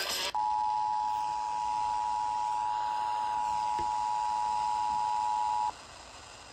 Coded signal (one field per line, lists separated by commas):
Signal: Emergency Alert System (SAME) tones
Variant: 853 and 960 Hz attention tone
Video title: Christmas IPAWS Weekly (EAS #660)